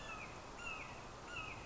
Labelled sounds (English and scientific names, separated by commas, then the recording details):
Red-shouldered Hawk (Buteo lineatus)
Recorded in Sonoma County, California